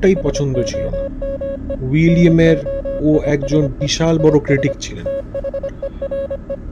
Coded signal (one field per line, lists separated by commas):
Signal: Morse code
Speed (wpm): 25 wpm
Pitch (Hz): 550 Hz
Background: speech, music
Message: SOME NOISE IS THERE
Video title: MORSE CODE | FROM THE OTHER SIDE | DETECTIVES OF SUPERNATURAL